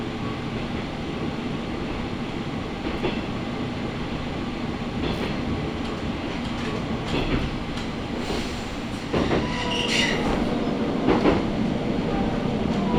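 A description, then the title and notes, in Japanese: Inside a Matsuura Railway train running from Nishi-Tabira toward Matsuura, a steady low rumble of wheels and motor fills the whole clip. Brief squeals and clanks break through around five, seven, nine to ten and eleven seconds, and the noise grows slightly louder in the second half. 松浦鉄道 西田平→松浦。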